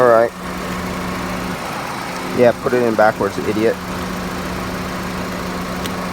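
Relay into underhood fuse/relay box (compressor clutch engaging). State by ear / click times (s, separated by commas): seated / 5.9 s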